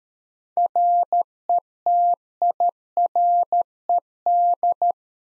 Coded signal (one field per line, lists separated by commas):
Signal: Morse code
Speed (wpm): 13 wpm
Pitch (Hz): 700 Hz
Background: none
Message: RETIRED